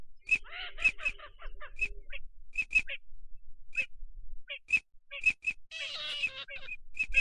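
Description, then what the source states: Ducks calling: sharp high peeps repeated irregularly, with a harsh, gabbling burst of chatter near the start and another near the end. Migratory ducks, both male and female.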